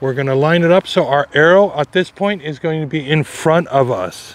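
An extension unit is lined up with its arrow facing forward to go into an OKM eXp 5500 Pro detector while someone talks. Nothing has seated or clicked yet.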